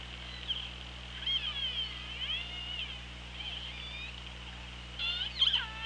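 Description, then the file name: Orca calls: a run of clear, harmonic calls that sweep up and down, some wavering and some rising sharply, with a louder burst near the end, over underwater hiss and hum. Hydrophone recording from OrcaLab, 24 August 2017, 17:12. "Orca Lab UTLN JASON 20170824 171249"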